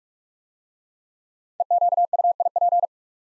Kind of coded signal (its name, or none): Morse code